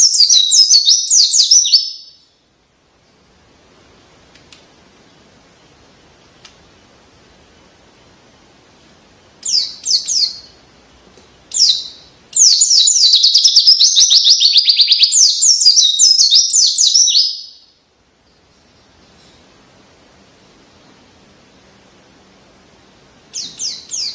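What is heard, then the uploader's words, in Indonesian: A singing pleci bird pours out fast, high, buzzy trills in bursts: one at the start, short phrases near ten and twelve seconds, then a long dense run from about twelve to seventeen seconds. Quiet pauses separate them, with a brief phrase at the end. Pleci Gacor Ngalas Edan Rasa Kenari.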